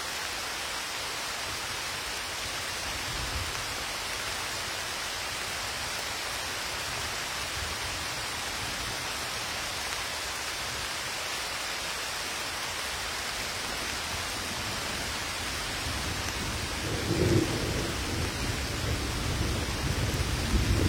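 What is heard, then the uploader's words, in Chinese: Wind and rain together make a dense, steady hiss that fills the first seventeen seconds at an even level. Around seventeen seconds a low rumble swells in, likely a gust or thunder, and the sound stays heavier and louder to the end. 大自然的声音-野外露营1（风雨交加）。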